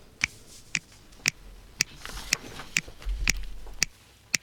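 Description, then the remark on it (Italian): Nine crisp finger snaps in a steady rhythm, about two per second, each a sharp, bright click over a faint low background hum, with no talking. “Chi schiocca le dita?”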